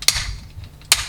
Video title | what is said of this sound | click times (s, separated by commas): Deluxe Delta Squad Megazord (Dekaranger Robo) Review - Power Rangers SPD | a very satisfying click there I don't know if my joints are just super tight or what | 0.9 s